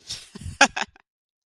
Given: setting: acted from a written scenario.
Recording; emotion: vocal sound without words; amusement